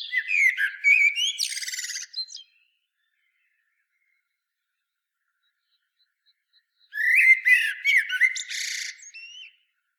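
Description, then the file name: Common blackbird singing two separate phrases, each a fluty warble running into a high squeaky twitter, with a long silence between them. "Turdus merula"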